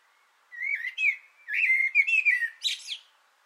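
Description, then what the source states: Common blackbird singing a rich, flowing whistled phrase with several warbled notes, then a thin high twittering flourish at the end. Singing from an antenna, recorded 6 June 2025.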